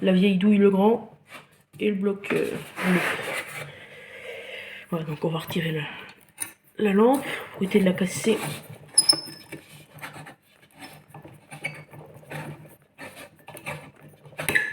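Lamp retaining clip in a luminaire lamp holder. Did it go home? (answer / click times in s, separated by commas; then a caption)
released / 9.0 s. An old lamp is being removed from its holder in a Mazda Solair 250 street-light fitting while someone talks. The lamp's retaining clip gives a sharp little click as it comes undone at 9.0 s, followed by a few lighter handling ticks. The clip is released and the part then comes away easily.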